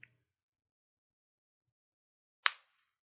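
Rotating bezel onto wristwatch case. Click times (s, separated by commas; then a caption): 2.5 s. The restored steel rotating bezel of a 1980 Rolex GMT, its spring greased with silicone grease and clicked back in, is pressed onto the watch case with the thumbs, no tool. After a faint tick at the start and a quiet pause, a single sharp, bright click sounds at 2.5 s as the bezel snaps onto the case and seats.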